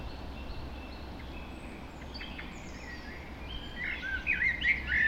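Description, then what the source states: Birds singing behind steady low background noise, faint twittering at first, then clearer whistled chirps rising in the final seconds. Dawn chorus recorded just after dawn in the Forest of Dean.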